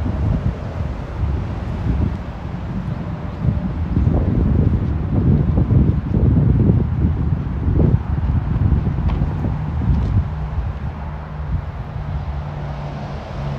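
A walk around a university campus, with steady low wind buffeting and a dull traffic hum, gusts swelling midway before easing toward the end.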